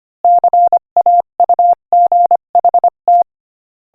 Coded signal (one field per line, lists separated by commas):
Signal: Morse code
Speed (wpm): 25 wpm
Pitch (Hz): 700 Hz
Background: none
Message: CAUGHT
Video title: Morse Code Practice: 25 wpm Joke #7